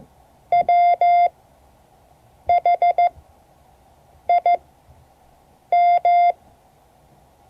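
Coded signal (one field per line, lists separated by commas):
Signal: Morse code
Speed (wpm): 15 wpm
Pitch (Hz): 690 Hz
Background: none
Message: WHIM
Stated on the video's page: Morse code class lesson, part 3 of 12.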